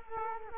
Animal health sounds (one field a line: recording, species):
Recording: mosquito wingbeat signal from an infrared sensor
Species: Culex quinquefasciatus